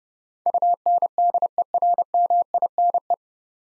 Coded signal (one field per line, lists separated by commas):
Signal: Morse code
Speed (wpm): 29 wpm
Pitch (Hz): 700 Hz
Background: none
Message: UNDERMINE